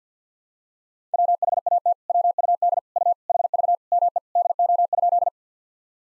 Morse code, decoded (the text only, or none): WHAT WUD U HV ME DO?